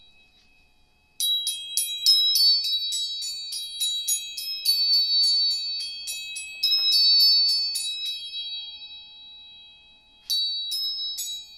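Tuning forks are struck in a quick, busy flurry starting after about a second, their bright, high metallic tones ringing and overlapping until around eight seconds. A faint steady hum lingers through the pause before a final cluster of strikes near ten seconds.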